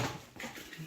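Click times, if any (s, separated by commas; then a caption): none. A tail light housing on a 2015 Subaru Impreza is pushed by hand back into the rear body panel, producing only a soft bump at 0.4 s and a faint tap at 0.7 s. Nothing has clicked or seated yet: the housing is not in and a big gap remains.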